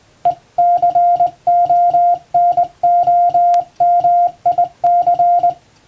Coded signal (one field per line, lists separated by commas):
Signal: Morse code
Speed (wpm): 20 wpm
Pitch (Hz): 700 Hz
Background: music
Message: ECONOMIC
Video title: 縦振り電鍵で打った綺麗な欧文モールス符号！電鍵で打てるとモールスも楽しいですよ！平文の欧文モールス符号練習です！YouTubeの再生速度を調整して聴いてみよう(morse code practice)